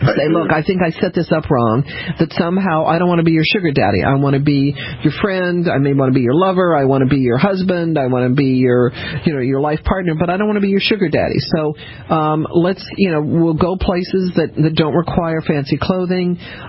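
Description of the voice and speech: A man speaks fluently and warmly in a steady, mid-pitched voice, giving relationship advice; typical clear speech.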